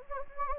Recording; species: mosquito wingbeat signal from an infrared sensor; Anopheles gambiae